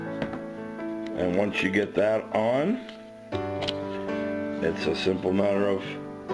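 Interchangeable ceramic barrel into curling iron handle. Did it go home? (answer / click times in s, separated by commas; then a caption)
no / none. A ceramic curling barrel from an interchangeable curling iron set is handled, with its holes being lined up with the pins on the curling iron handle to push them together. Someone talks over steady background music, and a few brief handling sounds are heard. Nothing has seated or clicked yet.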